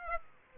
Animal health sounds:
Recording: mosquito wingbeat signal from an infrared sensor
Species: Aedes aegypti

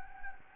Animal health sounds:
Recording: mosquito wingbeat signal from an infrared sensor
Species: Anopheles gambiae

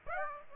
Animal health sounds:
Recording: mosquito wingbeat signal from an infrared sensor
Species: Aedes aegypti

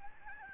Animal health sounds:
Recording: mosquito wingbeat signal from an infrared sensor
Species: Aedes albopictus

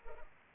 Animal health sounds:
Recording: mosquito wingbeat signal from an infrared sensor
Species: Culex pipiens

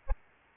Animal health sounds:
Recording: mosquito wingbeat signal from an infrared sensor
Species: Aedes albopictus

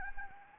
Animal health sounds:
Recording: mosquito wingbeat signal from an infrared sensor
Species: Anopheles arabiensis

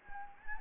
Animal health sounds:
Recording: mosquito wingbeat signal from an infrared sensor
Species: Anopheles gambiae

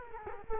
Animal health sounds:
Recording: mosquito wingbeat signal from an infrared sensor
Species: Culex quinquefasciatus

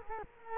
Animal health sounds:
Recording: mosquito wingbeat signal from an infrared sensor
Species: Culex quinquefasciatus

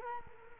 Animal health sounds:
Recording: mosquito wingbeat signal from an infrared sensor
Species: Culex quinquefasciatus

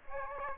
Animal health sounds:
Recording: mosquito wingbeat signal from an infrared sensor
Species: Aedes aegypti

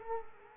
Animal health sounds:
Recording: mosquito wingbeat signal from an infrared sensor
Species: Culex quinquefasciatus

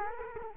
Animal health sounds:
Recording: mosquito wingbeat signal from an infrared sensor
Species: Culex quinquefasciatus

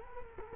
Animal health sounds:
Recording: mosquito wingbeat signal from an infrared sensor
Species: Culex quinquefasciatus

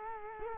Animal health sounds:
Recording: mosquito wingbeat signal from an infrared sensor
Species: Culex quinquefasciatus

